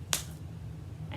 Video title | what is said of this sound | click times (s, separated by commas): Tall Tales Storytime | I'm gonna close the egg up real tight until it snaps | 0.1 s